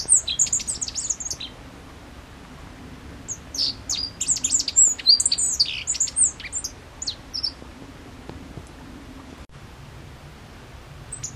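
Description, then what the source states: Godlewski's bunting singing in bursts: a quick cluster of high twittering notes, a pause, then a longer run of sharp chirps and down-slurred whistles, followed by near silence. Recorded 14 June 2012.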